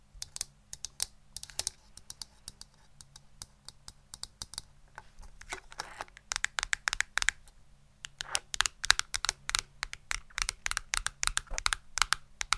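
Tapping on what sounds like a keyboard: sharp, close clicks come in uneven bursts, sparse for the first few seconds, pausing briefly near the middle, then growing denser and faster from about six seconds onward. A low, steady hum sits underneath throughout.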